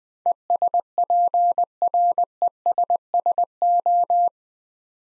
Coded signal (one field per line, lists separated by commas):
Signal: Morse code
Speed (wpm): 21 wpm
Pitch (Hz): 700 Hz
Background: none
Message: ESPRESSO